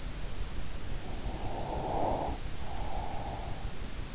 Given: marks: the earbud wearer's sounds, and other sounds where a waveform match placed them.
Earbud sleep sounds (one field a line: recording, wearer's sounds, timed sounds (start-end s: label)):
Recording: sounds in sleep by an in-ear microphone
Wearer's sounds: breath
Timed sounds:
0.98-3.80 s: breath